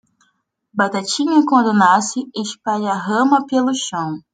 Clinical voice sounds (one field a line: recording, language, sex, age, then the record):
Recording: short text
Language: Brazilian Portuguese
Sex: female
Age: 20 to 29 years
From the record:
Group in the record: control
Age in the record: 26 years